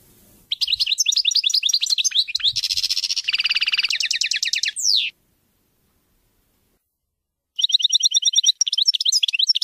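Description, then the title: European goldfinch singing a fast, liquid twittering with buzzy trilled stretches, breaking off into a pause before a fresh burst of chattering notes. "Chant Chardonneret"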